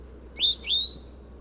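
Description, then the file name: European robin calls, two short chirping notes in quick succession, the second longer, over a quiet low hum. "Erithacus rubecula"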